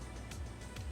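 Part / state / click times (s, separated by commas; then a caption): slide bushing onto motorcycle fork tube / not seated / none. A split slide bushing is being spread open with the fingers and slipped over a motorcycle fork tube during a CBR600F4i fork rebuild. Over a steady low hum, brief broadband handling noises rise at about 0.3 s, 0.8 s and 0.9 s. The bushing has not yet clicked into its groove.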